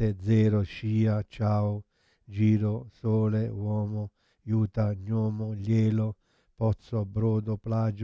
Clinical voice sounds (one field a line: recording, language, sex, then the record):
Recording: read list of words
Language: Italian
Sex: male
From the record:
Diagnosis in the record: Parkinson's disease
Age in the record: 71 years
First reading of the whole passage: 50 s, 10.4 characters per second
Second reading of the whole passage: 45 s, 11.4 characters per second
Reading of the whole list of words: 37 s, 7.6 characters per second